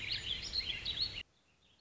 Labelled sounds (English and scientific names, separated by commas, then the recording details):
Warbling Vireo (Vireo gilvus)
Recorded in Sonoma County, California